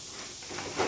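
A wooden planter box for a grow wall is handled as it is lifted onto wall-mounted brackets, making soft broadband rustling and scraping that grows louder toward the end, peaking around 0.8 s. Nothing has seated or clicked yet; the planter has not locked into place on the brackets.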